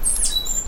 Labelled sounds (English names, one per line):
Stitchbird song